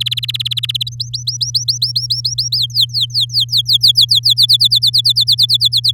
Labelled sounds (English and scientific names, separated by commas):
Domestic Canary (Serinus canaria) song